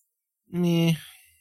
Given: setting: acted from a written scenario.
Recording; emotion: vocal sound without words; neutral